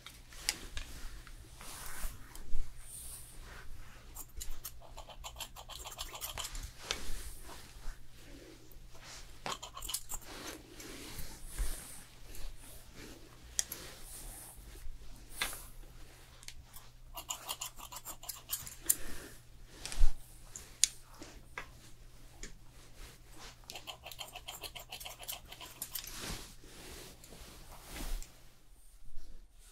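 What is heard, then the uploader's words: A fast haircut and styling session: dense, irregular snipping and brushing clicks run throughout, with sharper snaps around 2, 20 and 26 seconds. A steady low hum sits underneath from start to nearly the end, and faint murmuring voices come and go. Fast Haircut & Hair Styling.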